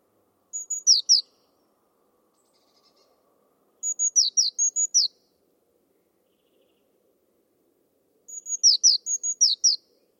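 Bird giving high, thin phrases: flat whistled notes and several quick downward-slurred chirps, in three separate bursts with silent gaps between.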